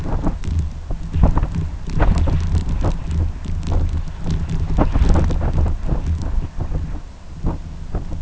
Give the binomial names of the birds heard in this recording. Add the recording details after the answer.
none. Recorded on Arctic tundra, site UTQI-2, on 11 June 2019. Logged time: 20:00